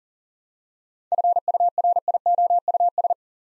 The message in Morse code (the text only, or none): FURIOUS